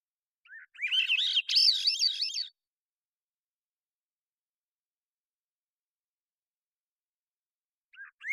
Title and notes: Swainson's Thrush, Catharus ustulatus, Thrushes and Allies, long take of a single male Swainson's Thrush singing, natural pace and rhythm maintained, cleanly processed from parabolic recording Recorded in the beautiful Pacific Northwest, Washington, United States